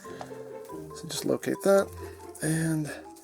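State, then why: Not seated. A plastic hook on an MPG-01 Masterpiece Gattai Shouki transforming robot toy is brought down to tab into a clip on the body while someone talks over background music. Only light handling noise is heard, and nothing has seated or clicked yet.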